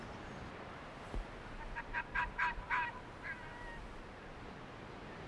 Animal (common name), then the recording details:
Arctic Fox. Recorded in the wild. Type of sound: barking. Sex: diverse. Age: subadult. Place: Insel Mednyi, Kommandeur-Inseln, RU. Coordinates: 54.5167, 168.083. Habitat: tundra. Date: 1999-08-23. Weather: fair, almost no wind. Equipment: Sony TCD-D8, Sennheiser MKH 70, Windkorb. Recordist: Frommolt, Karl-Heinz. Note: Pereshejek, Weststrand, Nähe Wasserfall: Wechselbellen von Polarfuchsfähe links Weiß/Orange 32 (Jährling) und einem unmarkierten Rüden (ihr Partner). Entfernung 50 m. Mikrofon war auf den Rüden gerichtet